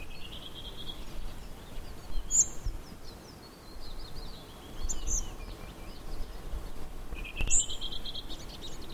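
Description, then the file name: Spotted flycatcher song of thin, high, squeaky notes in short scattered phrases, with sharp clicks and a steady low rumble of background noise. "Koshlar tavyshy - Sory chebenche kosh Muscicapa striata"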